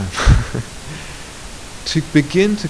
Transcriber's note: laughs